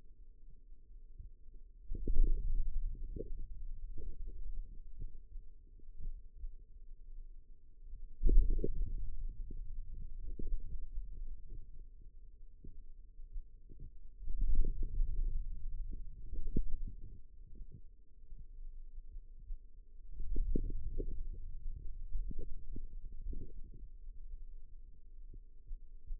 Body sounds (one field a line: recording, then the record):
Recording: forearm muscle sounds (acoustic myography)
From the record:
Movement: hand opening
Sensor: system 2, bracelet of six BSWA MPA416 microphones around the upper forearm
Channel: 4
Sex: male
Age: 22 years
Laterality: right